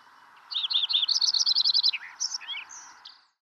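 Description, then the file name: Lincoln's sparrow song: bubbly rolling notes speeding into a bright rapid trill, then ending with a few lower slurred notes, over a steady low background hiss. "Lincoln's Sparrow - Melospiza lincolnii"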